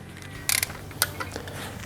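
A torque wrench makes a final pass on a rocker arm bolt on a Hemi V8 cylinder head, tightening it to spec. A quick rattle of metallic ticks comes around 0.5 to 0.6 s, then the wrench gives its sharp, loud click at 1.0 s, followed by a few faint ticks. The bolt reaches its torque spec, finishing this side of the engine.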